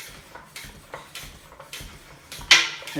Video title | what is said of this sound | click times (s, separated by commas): Fitting tight road tyres to tubeless ready carbon and alloy wheel sets | hear it pop into place as we start to put a lot of pressure and I'll probably take it to about 120 just | 2.5 s